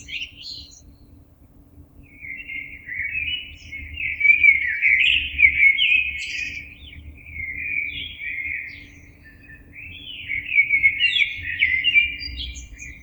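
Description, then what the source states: Blackbird song flowing almost without a break: rich, rolling fluted notes with a few high squeaky flourishes, and a steady low hum underneath. Recorded on 26 April 2022.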